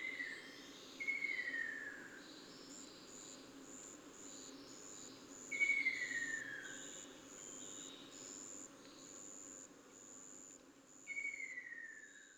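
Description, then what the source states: Ruddy kingfisher repeating a slurred, downward rolling trill three times, set against a dense, busy chorus of insects. Recorded on 24 June 2009.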